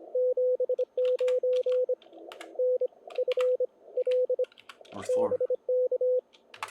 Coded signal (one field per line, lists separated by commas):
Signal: Morse code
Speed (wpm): 26 wpm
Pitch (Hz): 530 Hz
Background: speech, radio noise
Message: 79 NFL BK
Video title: NG7M 2020 ARRL Sweepstakes CW Live Operating (Posted October 2021)